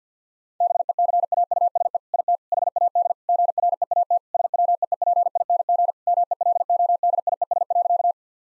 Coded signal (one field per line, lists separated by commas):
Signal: Morse code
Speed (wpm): 50 wpm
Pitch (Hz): 700 Hz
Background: none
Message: BECAUSE IT HAD GREAT SWEEPING MELODIES.